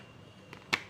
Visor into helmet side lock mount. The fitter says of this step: या आप ये लॉक हो गया, यस डन, ऑलमोस्ट डन।